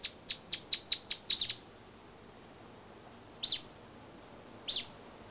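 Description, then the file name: Bolivian earthcreeper uttering a quick string of sharp high chips ending in a short rough flourish, then two separate single notes about a second apart. "Bolivian Earthcreeper (Upucerthia harterti)"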